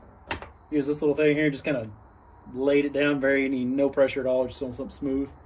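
Someone talks while handling a fork seal and its spring retaining clip on the fork slider of a 1996 Honda XR250R, after the seal has been pushed down past the lip. A couple of brief sharp sounds occur near 0.3 and 0.4 seconds, and the rest is mostly speech. The retaining clip has not yet clicked into its groove, and nothing has seated.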